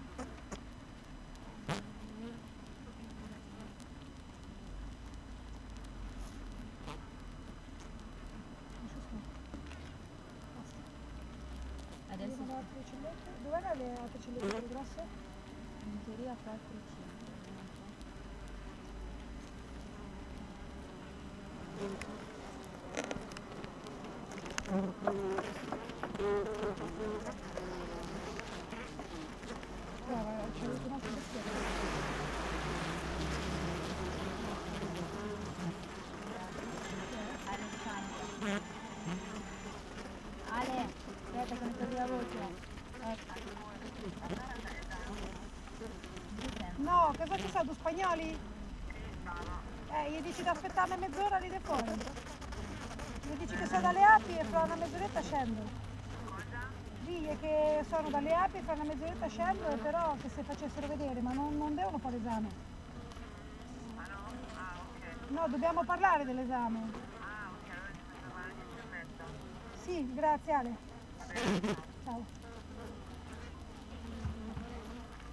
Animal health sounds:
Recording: honeybee colony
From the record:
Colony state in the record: active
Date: 12 June 2018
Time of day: 7:53

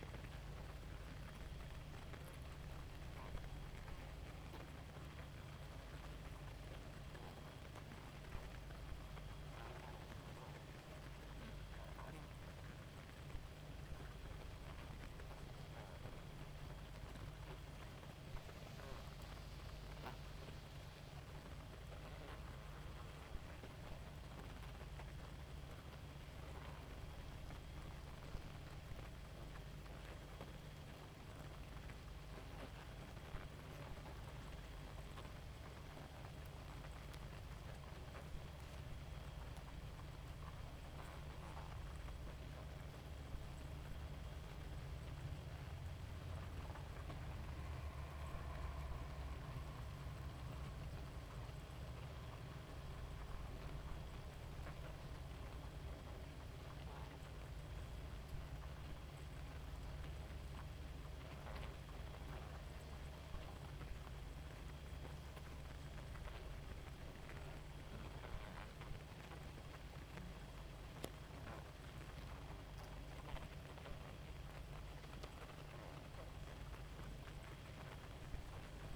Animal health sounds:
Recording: honeybee colony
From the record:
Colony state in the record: active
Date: 28 July 2017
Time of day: 0:30

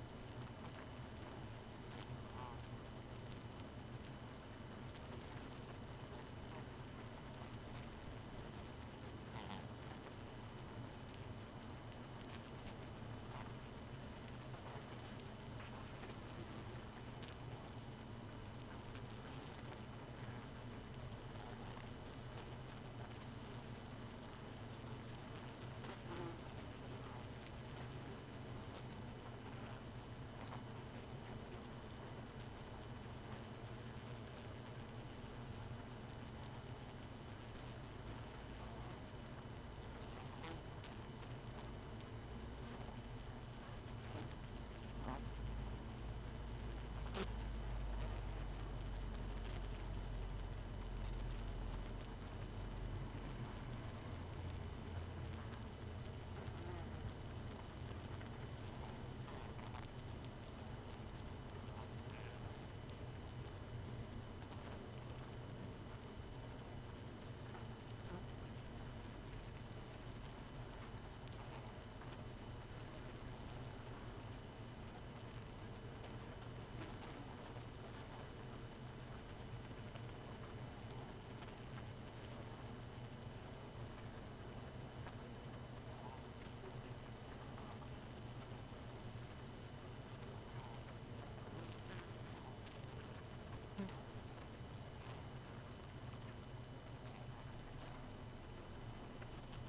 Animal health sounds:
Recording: honeybee colony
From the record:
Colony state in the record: missing queen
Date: 31 May 2018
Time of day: 2:35

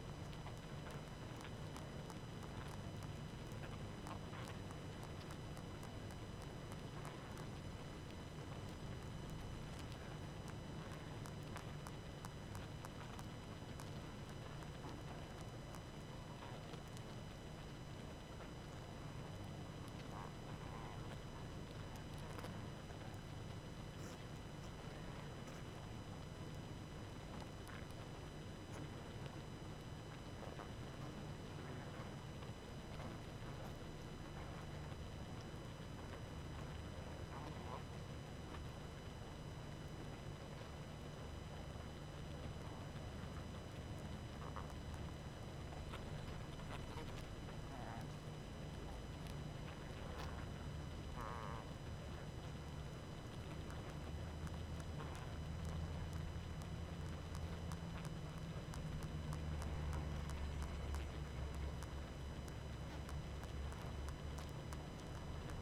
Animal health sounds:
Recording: honeybee colony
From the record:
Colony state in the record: active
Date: 12 June 2018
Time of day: 20:31

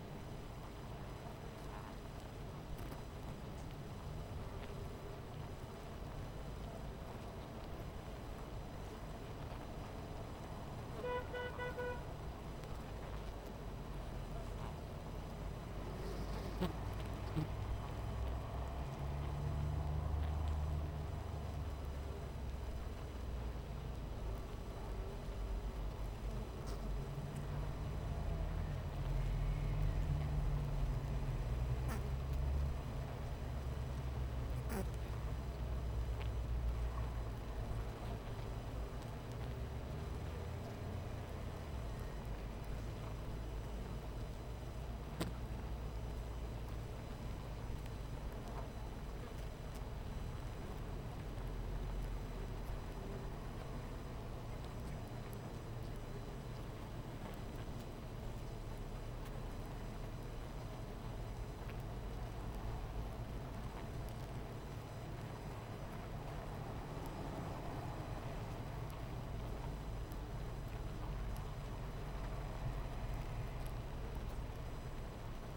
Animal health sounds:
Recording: honeybee colony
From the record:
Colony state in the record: missing queen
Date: 14 July 2017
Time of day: 17:48

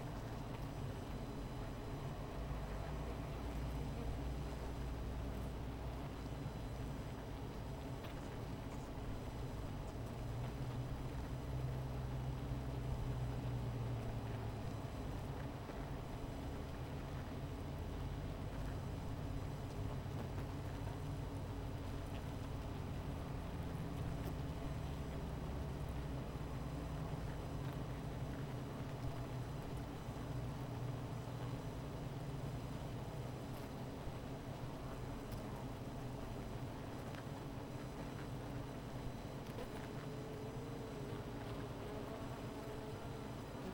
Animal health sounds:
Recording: honeybee colony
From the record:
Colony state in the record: missing queen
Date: 14 July 2017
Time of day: 16:30

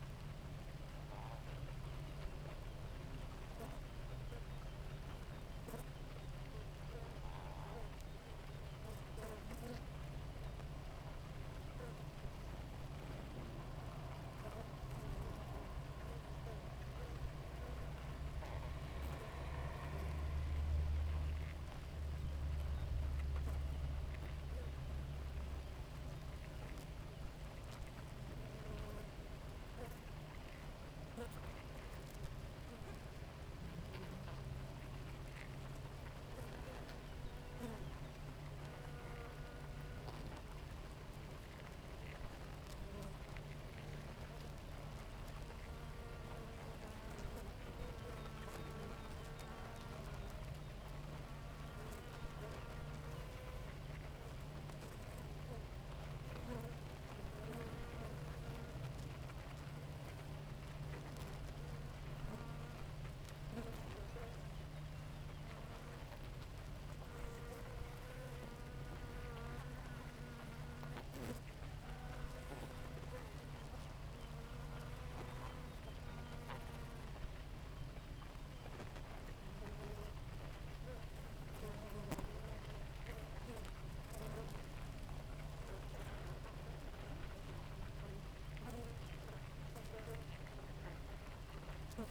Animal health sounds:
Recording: honeybee colony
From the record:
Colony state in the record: active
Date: 28 July 2017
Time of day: 4:13

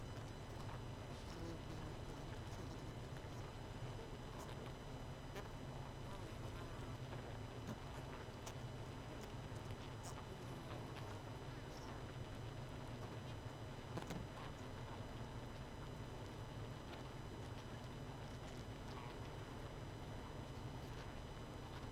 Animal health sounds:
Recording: honeybee colony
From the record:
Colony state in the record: missing queen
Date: 31 May 2018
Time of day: 20:30

